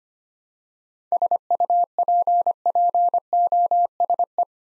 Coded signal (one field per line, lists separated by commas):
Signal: Morse code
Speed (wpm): 25 wpm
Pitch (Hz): 700 Hz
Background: none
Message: SUPPOSE